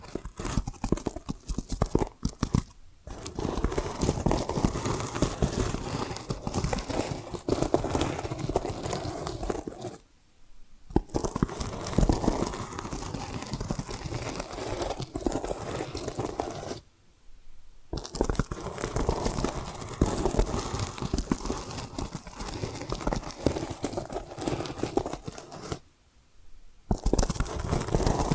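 Dense tapping and scratching run almost without pause, a crisp, crunchy texture of quick irregular strokes across low and bright tones. Brief silent gaps break it near 3, 10, 17 and 26 seconds before the scratching resumes at the same steady level.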